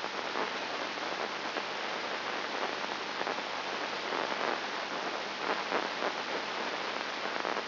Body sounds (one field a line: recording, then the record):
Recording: brain microelectrode recording played as sound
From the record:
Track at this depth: inside the subthalamic nucleus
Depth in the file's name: 3.501 mm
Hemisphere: left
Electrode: 2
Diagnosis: Parkinson's disease